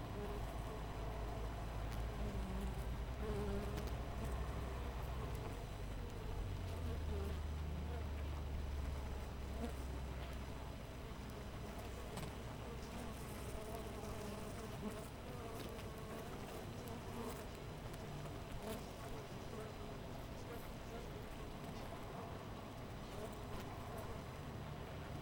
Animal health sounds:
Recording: honeybee colony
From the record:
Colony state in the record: missing queen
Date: 14 July 2017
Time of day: 5:31

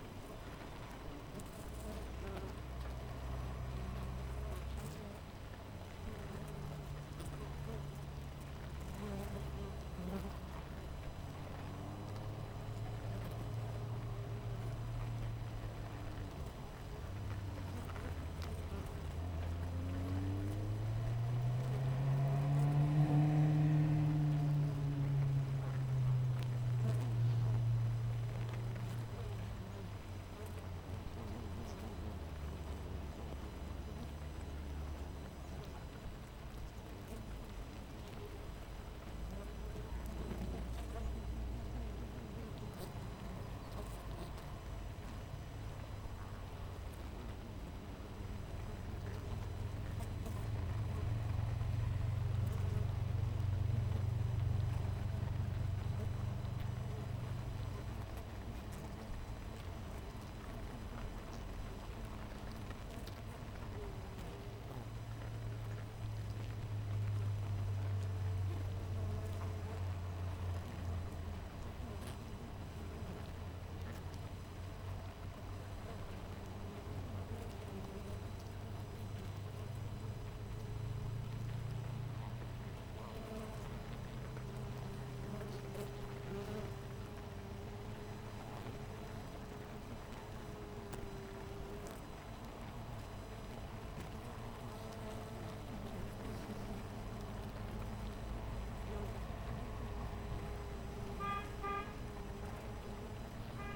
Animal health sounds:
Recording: honeybee colony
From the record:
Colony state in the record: missing queen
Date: 14 July 2017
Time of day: 6:58

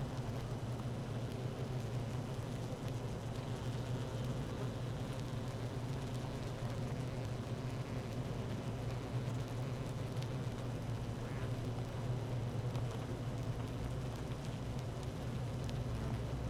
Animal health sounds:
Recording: honeybee colony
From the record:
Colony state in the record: active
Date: 12 June 2018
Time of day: 15:26

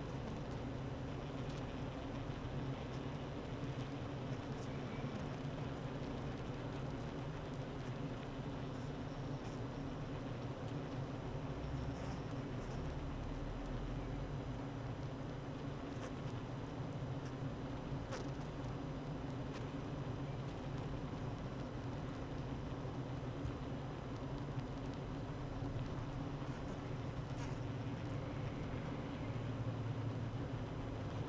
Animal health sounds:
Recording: honeybee colony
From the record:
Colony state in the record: active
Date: 12 June 2018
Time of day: 8:33

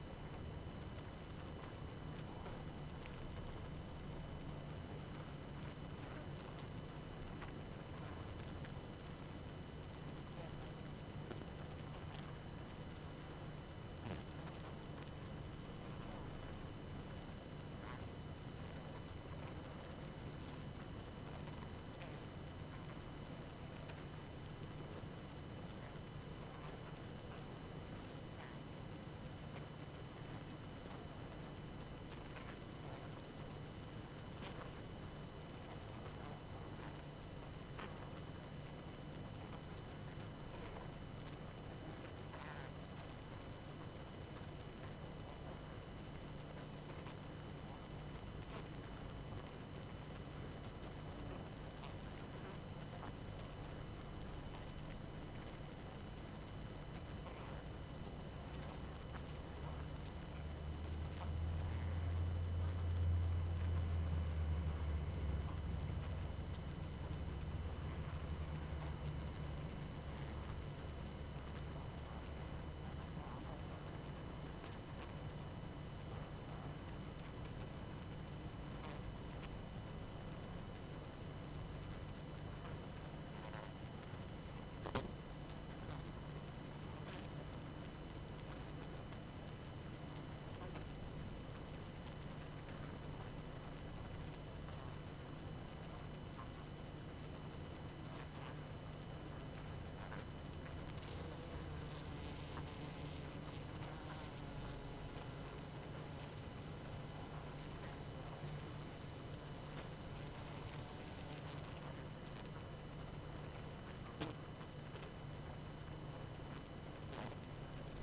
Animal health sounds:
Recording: honeybee colony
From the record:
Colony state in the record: active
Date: 12 June 2018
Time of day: 22:11

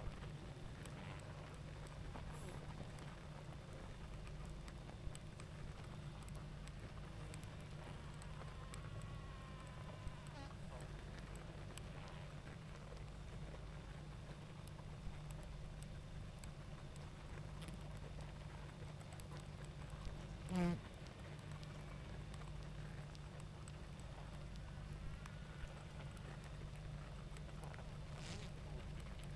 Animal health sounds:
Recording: honeybee colony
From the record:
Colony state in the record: active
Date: 28 July 2017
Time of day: 20:56

